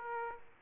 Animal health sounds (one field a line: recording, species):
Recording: mosquito wingbeat signal from an infrared sensor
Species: Aedes aegypti